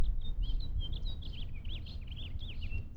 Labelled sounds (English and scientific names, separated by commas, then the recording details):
House Finch (Haemorhous mexicanus) song
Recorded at Oceanside on Long Island, New York, on 17 June 1975
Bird A